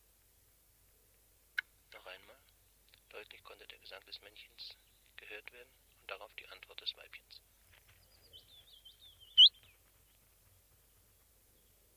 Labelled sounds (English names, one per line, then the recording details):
Willow Warbler
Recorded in the wild
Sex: pair
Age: adult
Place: Spitzberg, Tübingen, Baden-Württemberg, DE
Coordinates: 48.5167, 9.01667
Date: 1968-05-09
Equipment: Kapselmikrophon, LGS26
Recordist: Schneider, Hans-Joachim